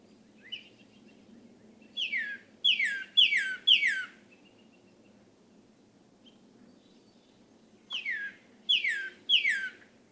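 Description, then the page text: Northern cardinal song: loud, clear whistles slurring steeply downward, delivered in quick runs of three or four, with a long pause between bursts. Male leaving his night roost and beginning his day, from a crabapple tree in a yard in Hatfield, Massachusetts, late April or early May 2018. "Cardinals awaking—13 mornings to explore! For 13 mornings during late April and early May 2018, I recorded how a male northern cardinal left the night roost and began his day"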